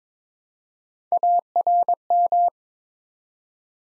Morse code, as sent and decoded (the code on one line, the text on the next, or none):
.- .-. --
ARM